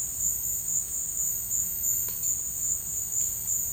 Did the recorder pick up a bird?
no